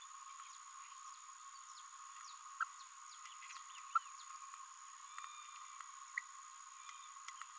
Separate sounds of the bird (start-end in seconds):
2.60-2.64, 3.95-3.98